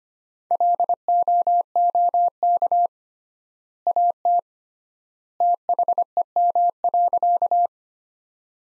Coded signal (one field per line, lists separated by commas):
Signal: Morse code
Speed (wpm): 25 wpm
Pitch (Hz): 700 Hz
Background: none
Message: LOOK AT THEM.